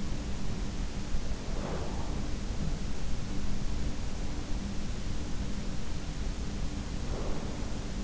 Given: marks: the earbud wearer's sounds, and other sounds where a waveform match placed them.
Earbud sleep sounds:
sounds in sleep by an in-ear microphone; breath
0.21-2.23 s: breath
1.56-2.16 s: sound from someone else or the room
3.52-5.27 s: breath
6.13-8.04 s: breath
7.08-7.70 s: sound from someone else or the room

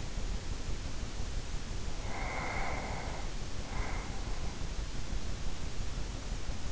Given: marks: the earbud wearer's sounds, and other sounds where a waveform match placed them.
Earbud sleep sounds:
sounds in sleep by an in-ear microphone; breath
2.02-4.52 s: breath

